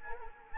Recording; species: mosquito wingbeat signal from an infrared sensor; Anopheles arabiensis